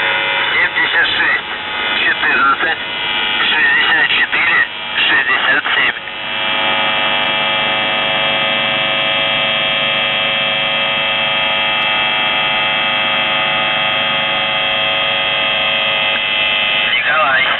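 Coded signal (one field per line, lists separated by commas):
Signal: numbers station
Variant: UVB-76, Russian voice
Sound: a male voice reads a short message, then a continuous droning buzz follows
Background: radio static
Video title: The Buzzer/UVB-76(4625Khz) April 28th, 2023 12:54UTC Voice message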